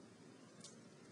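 The release button on an AccuChek Compact Plus blood glucose meter is pressed and the plastic lancing device is slid downward off the meter. A faint, brief high-pitched click at 0.6 s stands out over a steady low background hum. The lancing device comes free and is separate from the meter.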